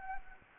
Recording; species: mosquito wingbeat signal from an infrared sensor; Anopheles gambiae